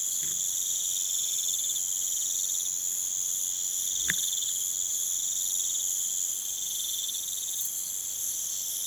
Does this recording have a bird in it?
no